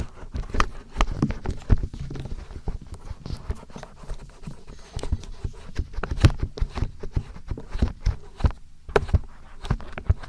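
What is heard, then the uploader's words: Ear massage sounds: soft rubbing and tapping, with frequent crisp taps and brushing strokes arriving every fraction of a second. The texture is dense and uneven, heavy in low muffled thumps, with occasional sharper clicks standing out. ASMR Ear Massage.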